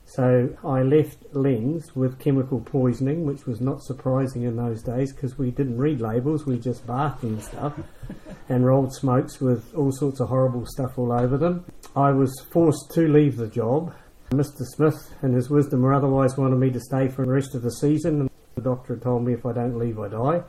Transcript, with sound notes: So I left Len’s with chemical poisoning, which was not surprising in those days ‘cause we didn’t read labels; we just bathed in the stuff [chuckles] and rolled smokes with all sorts of horrible stuff all over them. I was forced to leave the job – Mr Smith, in his wisdom or otherwise, wanted me to stay for the rest of the season the doctor had told me if I don’t leave, I die.